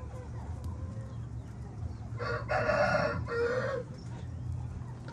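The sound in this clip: Cubalaya chicken: cubalaya rooster crowing once, a strained, drawn-out crow lasting over a second, over a steady low hum and hiss.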